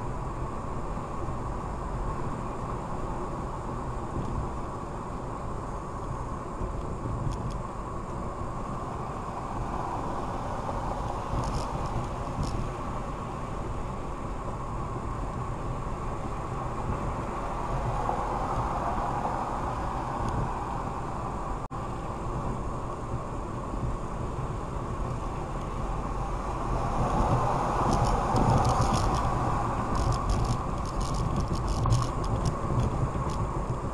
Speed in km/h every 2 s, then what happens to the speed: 71, 71, 66, 66, 64, 64, 68, 69, 71, 71, 69, 68, 71, 72, 76, 77, 77.
0-11 steady at about 66. 11-16 speeds up to 71. 16-22 steady at about 69. 22-30 speeds up to 77.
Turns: none.